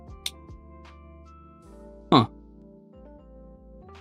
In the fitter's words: And then you want to like kind of force it to click into place there.